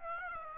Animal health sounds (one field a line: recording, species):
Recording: mosquito wingbeat signal from an infrared sensor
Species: Aedes aegypti